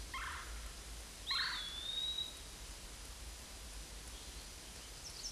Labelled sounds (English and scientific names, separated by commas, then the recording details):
Eastern Wood-Pewee (Contopus virens) song
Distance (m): 25 m
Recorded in a Pennsylvania forest on 18 May 2023 at 13:37
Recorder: AudioMoth, point grid1_17_low
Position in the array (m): 177 m, 167 m